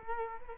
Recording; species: mosquito wingbeat signal from an infrared sensor; Culex quinquefasciatus